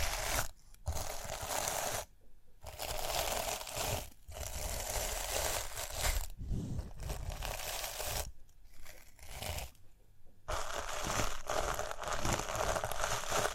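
Rhinestones are scratched and brushed in dense, crackly bursts of bright gritty texture. Short pauses of near-silence break the sound at about 1, 2, 4, 8.5 and 10 seconds. Each pass runs one to three seconds, with faint tapping clicks mixed into the rustle.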